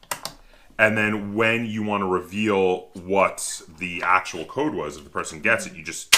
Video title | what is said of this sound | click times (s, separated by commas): Mastermind Retro Game Review and Tutorial | you lift it up and it clicks into place and then | 0.1 s